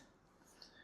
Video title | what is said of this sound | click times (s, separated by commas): This Made My SSD Upgrade Way Easier Than Expected (UGreen Enclosure Review) | clicks into place, and we are good. | 0.6 s